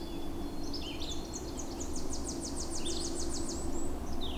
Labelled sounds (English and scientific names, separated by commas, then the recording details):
Red-eyed Vireo (Vireo olivaceus) song
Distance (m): 40 m
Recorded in boreal forest in Alberta, Canada, on 26 May 2016 at 07:08
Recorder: SongMeter 3, array SBT-3-15
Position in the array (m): 109 m, 193 m